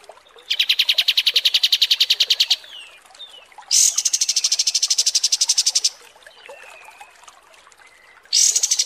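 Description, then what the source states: Kapas tembak song: bursts of fast, high buzzy trill lasting about two seconds, separated by short pauses and faint softer notes. Masteran training recording of kapas tembak song.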